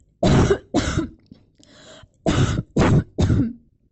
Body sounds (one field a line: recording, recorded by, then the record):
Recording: voluntary cough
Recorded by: messaging app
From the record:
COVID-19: negative